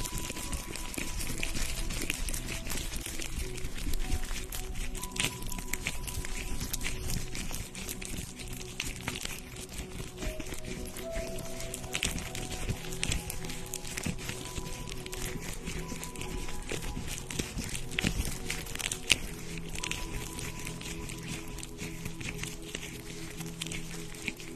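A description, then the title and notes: A facial treatment with steam, cream and massage: a steady, dense hiss runs the whole way through, scattered with frequent small clicks and soft rubbing sounds. A faint low hum and brief thin tones drift underneath, and the level stays even throughout. Enjoy the sounds of having your facial treatment, with steam, cream, and massage.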